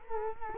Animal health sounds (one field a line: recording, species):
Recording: mosquito wingbeat signal from an infrared sensor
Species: Culex quinquefasciatus